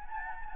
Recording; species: mosquito wingbeat signal from an infrared sensor; Anopheles gambiae